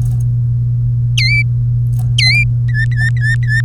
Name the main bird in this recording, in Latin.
Serinus canaria